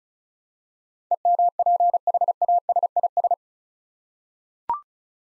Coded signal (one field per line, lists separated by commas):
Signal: Morse code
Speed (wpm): 36 wpm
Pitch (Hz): 700 Hz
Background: none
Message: EMPHASIS